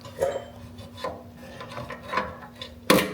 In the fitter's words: Make sure it clicks in. lock it into place and then go ahead and